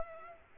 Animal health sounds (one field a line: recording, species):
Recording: mosquito wingbeat signal from an infrared sensor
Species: Culex pipiens